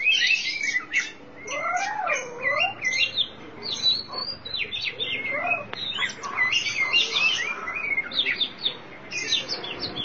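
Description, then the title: Oriental magpie-robin song of rich varied whistles and chatters, mixed early on with lower wavering, sliding whistles that rise and fall slowly. Chirping song of the kacer. "Suara Kicauan Burung Kacer"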